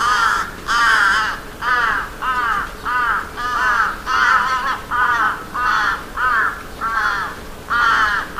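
Crow cawing, a long run of many harsh caws in a row.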